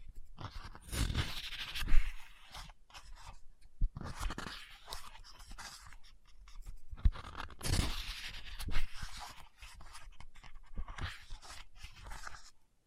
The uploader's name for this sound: Book Tapping, Scratching, Page Turning